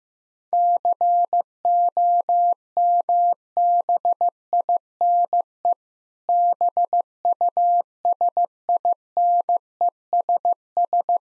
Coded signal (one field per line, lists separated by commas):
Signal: Morse code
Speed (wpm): 15 wpm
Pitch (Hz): 700 Hz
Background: none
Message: COMBINE BUSINESS